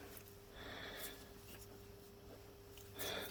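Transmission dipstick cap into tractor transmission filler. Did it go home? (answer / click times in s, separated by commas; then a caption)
no / none. After reading the transmission oil level, the dipstick/filler cap is pushed back into the transmission case of a Kubota B3150 tractor, with faint handling noises, brief sharp ticks near 0.2, 0.3 and 2.8 s, and louder rustling bursts around 1.0 and 3.0 s over a steady low hum. The cap has not clicked into place yet.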